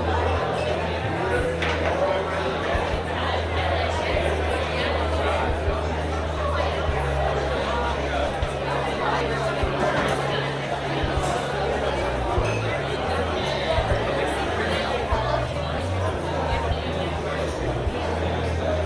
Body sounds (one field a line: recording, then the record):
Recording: background sound without coughing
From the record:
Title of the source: CITY SOUNDS Busy Bar in the Evening Night - 2 HOURS of Ambiance for Relaxation